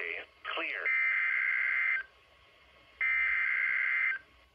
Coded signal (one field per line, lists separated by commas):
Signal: Emergency Alert System (SAME) tones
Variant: header bursts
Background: speech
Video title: Severe thunderstorm Warning On NOAA Weather Radio